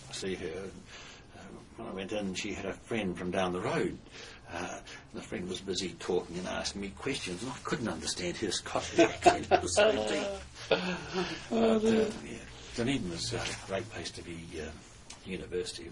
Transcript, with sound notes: see her – when I went in she had a friend from down the road and the friend was busy talking and asking me questions, and I couldn’t understand her Scottish accent – it was so deep. [Chuckle] Dunedin was a great place to be at university.